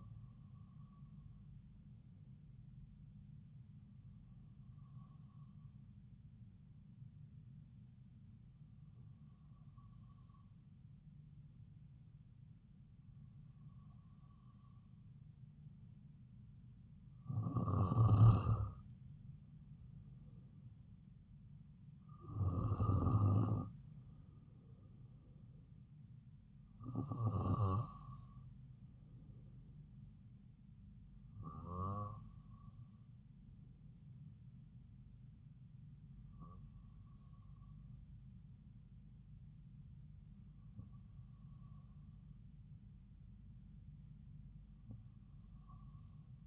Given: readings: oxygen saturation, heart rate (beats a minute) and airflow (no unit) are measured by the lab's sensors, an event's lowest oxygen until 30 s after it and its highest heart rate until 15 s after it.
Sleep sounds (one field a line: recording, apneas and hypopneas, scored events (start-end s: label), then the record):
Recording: breathing in sleep by a smartphone at the bedside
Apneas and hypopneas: none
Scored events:
none scored
From the record:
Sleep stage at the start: N2 (light sleep)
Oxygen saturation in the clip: 93 to 95%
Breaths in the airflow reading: 10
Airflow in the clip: -3.3 to 3.5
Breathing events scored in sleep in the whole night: 270 in 6.1 hours asleep